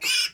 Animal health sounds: pig call; piglet (1 to 25 days)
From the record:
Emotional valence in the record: negative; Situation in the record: castration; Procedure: castration, cut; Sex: male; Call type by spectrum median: high-frequency call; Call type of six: high-frequency modulated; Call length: 0.34 s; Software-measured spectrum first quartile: 2702 Hz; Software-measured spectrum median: 4168 Hz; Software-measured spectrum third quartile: 5756 Hz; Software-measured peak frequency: 5163 Hz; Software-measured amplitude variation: 151 dB a second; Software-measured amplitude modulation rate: 13.4 a second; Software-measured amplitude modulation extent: 11.2 dB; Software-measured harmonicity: 4.8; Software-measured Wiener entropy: -2.27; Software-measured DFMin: 815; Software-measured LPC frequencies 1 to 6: 1471, 2439, 2907, 3380, 5229, 6262 Hz

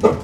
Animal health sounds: pig call; growing-finishing pig (85 days or more)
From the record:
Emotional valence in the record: positive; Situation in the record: run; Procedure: transit

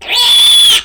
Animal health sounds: pig call; piglet (1 to 25 days)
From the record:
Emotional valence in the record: negative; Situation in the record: crushing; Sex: female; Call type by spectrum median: high-frequency call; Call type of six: mixed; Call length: 0.85 s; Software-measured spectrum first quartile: 3334 Hz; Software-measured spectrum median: 3764 Hz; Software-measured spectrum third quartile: 8049 Hz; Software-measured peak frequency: 3426 Hz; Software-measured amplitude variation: 70 dB a second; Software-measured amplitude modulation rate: 21.7 a second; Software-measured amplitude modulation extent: 3.2 dB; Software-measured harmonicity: 10.7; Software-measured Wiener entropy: -3.64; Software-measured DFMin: 827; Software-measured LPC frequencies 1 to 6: 946, 3439, 4455, 6164, 8002, 8745 Hz

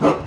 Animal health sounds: pig call; growing-finishing pig (85 days or more)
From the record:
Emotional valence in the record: positive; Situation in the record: run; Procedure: transit

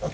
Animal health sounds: pig call; piglet (1 to 25 days)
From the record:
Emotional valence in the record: positive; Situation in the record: after nursing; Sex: male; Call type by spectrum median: low-frequency call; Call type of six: low-frequency stable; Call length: 0.14 s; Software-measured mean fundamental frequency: 53 Hz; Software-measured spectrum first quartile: 250 Hz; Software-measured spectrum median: 524 Hz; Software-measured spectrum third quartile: 952 Hz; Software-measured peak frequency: 531 Hz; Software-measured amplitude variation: 128 dB a second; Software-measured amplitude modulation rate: 18.1 a second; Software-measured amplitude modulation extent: 7.1 dB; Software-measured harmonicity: 4.1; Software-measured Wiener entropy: -0.92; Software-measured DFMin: 631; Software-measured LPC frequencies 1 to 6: 554, 2222, 3415, 4192, 6317, 7183 Hz

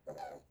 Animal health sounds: pig call; piglet (1 to 25 days)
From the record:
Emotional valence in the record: negative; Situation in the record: restrain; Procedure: back test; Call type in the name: low-frequency call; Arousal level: low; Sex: female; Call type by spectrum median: low-frequency call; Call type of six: mixed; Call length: 0.51 s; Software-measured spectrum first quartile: 511 Hz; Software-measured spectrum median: 683 Hz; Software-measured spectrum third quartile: 910 Hz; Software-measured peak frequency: 534 Hz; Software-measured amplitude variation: 214 dB a second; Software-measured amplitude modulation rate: 14.7 a second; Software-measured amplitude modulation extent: 14.5 dB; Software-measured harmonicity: 6.2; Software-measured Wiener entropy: -0.38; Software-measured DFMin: 838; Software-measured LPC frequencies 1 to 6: 691, 4204, 6272, 6950, 7604, 8851 Hz

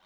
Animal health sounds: pig call; piglet (1 to 25 days)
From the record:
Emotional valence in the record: positive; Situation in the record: reunion after long isolation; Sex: male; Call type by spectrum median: low-frequency call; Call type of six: low-frequency tonal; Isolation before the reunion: 8 minutes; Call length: 0.06 s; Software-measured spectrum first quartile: 947 Hz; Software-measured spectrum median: 1809 Hz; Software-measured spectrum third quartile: 3521 Hz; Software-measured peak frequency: 1136 Hz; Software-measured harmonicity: -0.8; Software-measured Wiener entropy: -0.72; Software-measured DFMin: 409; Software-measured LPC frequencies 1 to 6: 874, 1314, 2112, 3078, 3704, 4261 Hz

